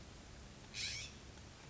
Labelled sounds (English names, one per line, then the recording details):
California Scrub-Jay
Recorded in Sonoma County, California